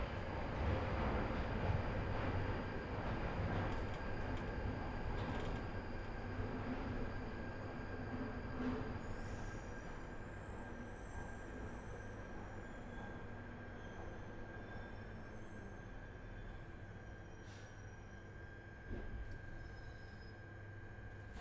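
An empty Underground train runs with a steady low rumble and rattle, loudest in the first few seconds and then settling slightly quieter. A constant high whine sits over the roar throughout, with faint squeals and brief clicks from the wheels now and then.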